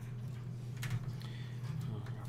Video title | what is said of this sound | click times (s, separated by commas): Building a PC | flip the cable over and that's clicked | 0.8 s